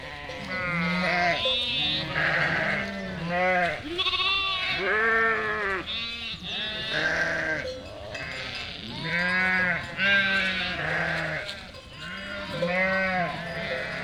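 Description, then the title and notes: Sheep and lambs bleating constantly, dense overlapping chorus of short quavering calls at varied pitches, barely a pause throughout. Flock of 467 sheep and lambs, freshly counted by the shepherd, moving and grazing grass and wild garlic; spatialised, moving bleating chorus; spring day, Chindrieux, France; binaural recording, Fostex FR2 LE, recordist on bicycle. "847 Rue de Vars, 73310 Chindrieux, France - Troupeau de moutons. En ce jour de printemps, au beau milieu d'un troupeau de 467 moutons et agneaux fraîchement comptés par le berger. Bêlements en chorale très spacialisée et en mouvement"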